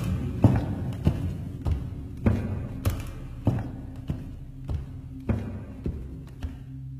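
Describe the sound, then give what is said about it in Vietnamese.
Slow, heavy footsteps climbing the wooden stairs of a house from downstairs to the second floor: about eleven dull, hollow thuds in a steady, unhurried rhythm, each with a low woody resonance, with no voices. “Lần này không còn là tiếng cười lạnh gai ốc, mà là tiếng bước chân chậm rãi trên cầu thang gỗ.”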